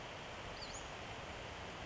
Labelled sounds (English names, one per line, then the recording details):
Western Flycatcher
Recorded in Sonoma County, California